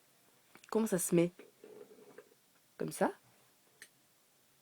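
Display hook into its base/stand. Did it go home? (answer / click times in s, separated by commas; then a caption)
yes / 3.8 s. A display hook on a collectible display piece is fitted into its base while someone talks, and a sharp tick sounds at 3.8 seconds as the hook seats in the base.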